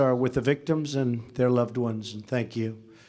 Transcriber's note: none